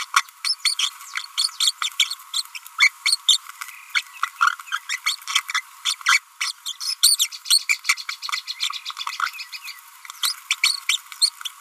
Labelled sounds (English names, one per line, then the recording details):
Green-rumped Parrotlet babbling
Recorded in a nest box in Venezuela
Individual 18B25A3